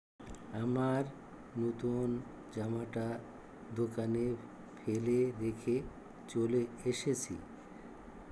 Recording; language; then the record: elicited speech; Bengali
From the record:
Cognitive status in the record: dementia